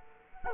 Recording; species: mosquito wingbeat signal from an infrared sensor; Culex quinquefasciatus